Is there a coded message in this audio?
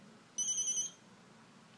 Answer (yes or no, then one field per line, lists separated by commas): no